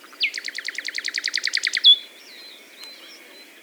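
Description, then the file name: Common nightingale song: a fast, rattling run of many repeated notes, ending in a sharp high note, followed by faint thin whistles. "Luscinia megarhynchos"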